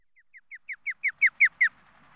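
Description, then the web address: Osprey whistles building up: nine short downslurred chirps that grow steadily louder, then stop, followed by faint background noise. "pandion haliaetus"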